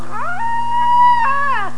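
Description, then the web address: Loon giving a brief mournful wail that rises, holds a steady tone, then slides down at the end, over a low constant hum. "VOGEL LOON"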